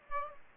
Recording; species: mosquito wingbeat signal from an infrared sensor; Aedes aegypti